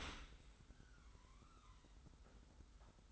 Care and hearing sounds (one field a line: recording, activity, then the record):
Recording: daily activity, microphone in the room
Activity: open dishwasher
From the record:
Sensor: 3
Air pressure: 991.3 hPa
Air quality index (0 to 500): 138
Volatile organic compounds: 267 ppm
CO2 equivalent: 4404 ppm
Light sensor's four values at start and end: 53/145/59/52 and 53/144/59/52